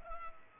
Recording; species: mosquito wingbeat signal from an infrared sensor; Culex pipiens